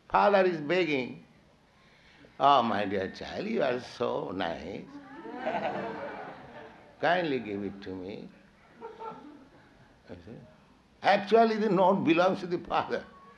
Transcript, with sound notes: Father is begging: "Oh, my dear child, you are so nice. [laughter] Kindly give it to me." Actually the note belongs to the father.